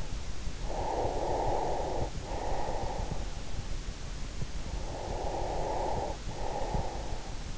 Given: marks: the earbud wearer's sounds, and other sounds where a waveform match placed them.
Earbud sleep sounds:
sounds in sleep by an in-ear microphone; breath
0.44-3.17 s: breath
4.47-7.58 s: breath

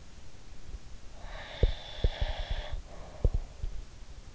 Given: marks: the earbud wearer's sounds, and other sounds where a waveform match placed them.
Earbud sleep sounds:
sounds in sleep by an in-ear microphone; breath
1.16-3.71 s: breath
1.54-3.77 s: sound from someone else or the room

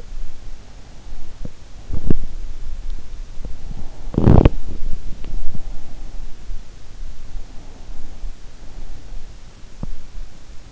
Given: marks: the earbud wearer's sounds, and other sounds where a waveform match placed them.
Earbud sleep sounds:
sounds in sleep by an in-ear microphone; teeth grinding
0.00-10.72 s: teeth grinding

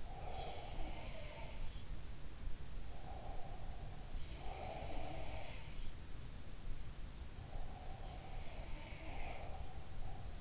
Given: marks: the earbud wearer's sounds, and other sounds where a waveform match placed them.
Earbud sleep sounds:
sounds in sleep by an in-ear microphone; breath
0.00-4.14 s: breath
0.66-1.74 s: sound from someone else or the room
4.30-5.77 s: sound from someone else or the room
7.44-10.41 s: breath
8.56-9.70 s: sound from someone else or the room
10.25-10.41 s: sound from someone else or the room

